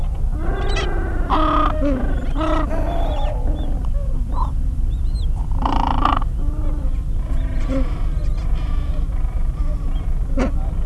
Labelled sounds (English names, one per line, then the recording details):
Gentoo Penguin
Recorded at the colony at Neko Harbor, Antarctica, on 26 January 2015
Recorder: Song Meter SM2+